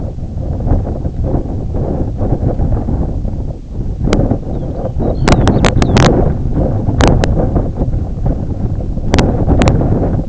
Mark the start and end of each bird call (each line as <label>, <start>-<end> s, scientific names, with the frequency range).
Calcarius lapponicus (2.8-5.3 kHz), 4.39-6.02 s